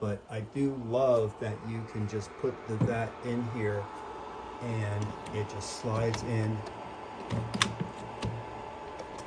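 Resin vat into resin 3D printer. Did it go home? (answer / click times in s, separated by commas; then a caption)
yes / 8.2 s. A resin vat is slid into the vat holder of a Uniformation GKTWO resin 3D printer while someone talks. After a soft sliding sound, a short, sharp click at 8.2 seconds marks the vat snapping into place, fully seated.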